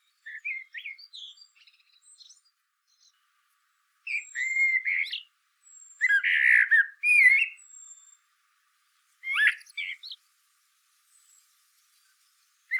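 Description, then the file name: Common blackbird song with low, fluty warbling phrases separated by silences. Several phrases finish with scratchy, high-pitched flourishes. "Turdus merula"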